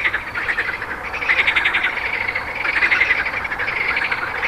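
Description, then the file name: Frogs giving pulsed, trilled calls in an unbroken chorus, with a few clearer chirping notes rising above the mass. "grenouilles"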